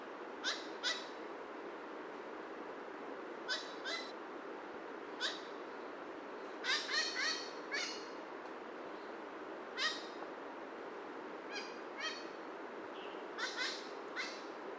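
Horned parakeet giving harsh, raspy calls in short bursts at irregular intervals, some doubled, over a constant broad hiss of background noise.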